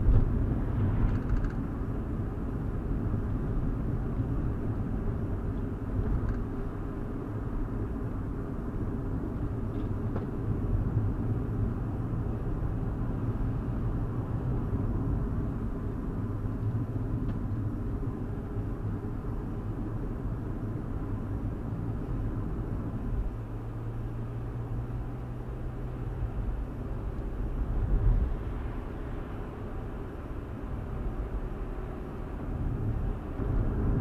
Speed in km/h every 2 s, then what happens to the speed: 53, 53, 52, 52, 45, 44, 50, 47, 42, 42, 45, 47, 50, 55, 58, 60, 63.
0-6 steady at about 52. 6-8 brakes to 45. 8-13 steady at about 45. 13-16 slows to 42. 18-34 speeds up to 63.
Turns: 13-22.